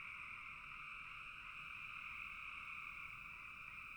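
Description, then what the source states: Frog chorus heard as a steady, shimmering trill in two bands of pitch, continuous and even across the short stretch. Frogs in a bog.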